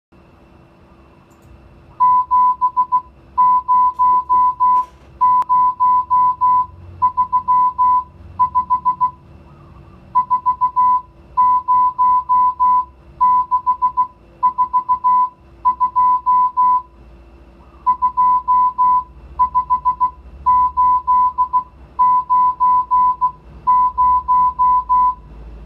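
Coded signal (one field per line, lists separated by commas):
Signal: Morse code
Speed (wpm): 16 wpm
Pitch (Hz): 1000 Hz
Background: music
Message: 70035 40642 25890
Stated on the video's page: Morse receiving lesson with mixed digits 0-9 for listening and writing practice.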